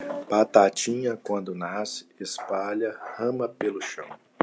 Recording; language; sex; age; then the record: short text; Brazilian Portuguese; male; 40 to 49 years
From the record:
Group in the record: control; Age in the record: 41 years